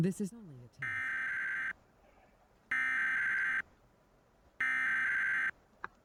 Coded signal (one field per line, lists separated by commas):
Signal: Emergency Alert System (SAME) tones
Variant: header bursts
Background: speech